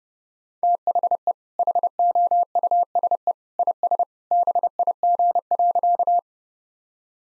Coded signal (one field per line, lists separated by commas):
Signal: Morse code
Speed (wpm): 32 wpm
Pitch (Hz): 700 Hz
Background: none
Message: THE HOUSE IS BIG.